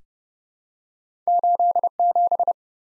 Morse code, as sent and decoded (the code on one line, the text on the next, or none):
---.. --...
87